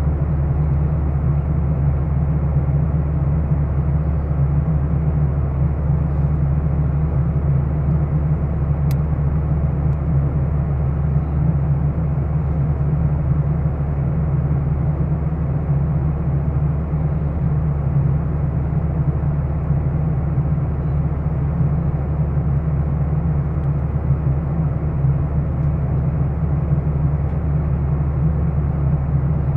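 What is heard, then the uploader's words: Steady cabin roar inside an airplane in flight, a dense, unchanging low rumble with a strong deep hum and a softer hiss above it. The level stays constant throughout, with only a faint click near nine seconds and no voices or announcements. AIRPLANE! It is about halfway through the flight. A stereo recording on an airplane from New York to St. Louis on a Boeing 737-300.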